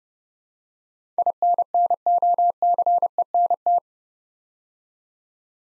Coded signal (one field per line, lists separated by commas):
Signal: Morse code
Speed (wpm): 30 wpm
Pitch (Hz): 700 Hz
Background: none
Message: INNOCENT